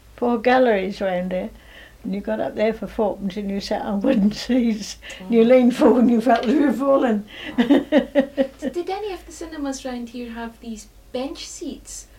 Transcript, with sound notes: four galleries round it. And you got up there for fourpence and you sat on [laughs] wooden seats. And you leaned forward [laughs] and you felt you were falling! [laughs]
Did any of the cinemas round here have these bench seats?